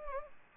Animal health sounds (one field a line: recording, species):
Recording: mosquito wingbeat signal from an infrared sensor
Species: Anopheles arabiensis